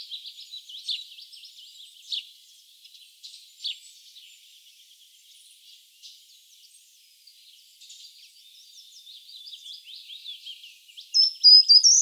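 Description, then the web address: Short-toed treecreeper: many faint high chirps and twitters, then a brief loud high phrase of thin notes at the end. "vogelstimmen gartenbaumlaeufer gesang nabu lars lachmann"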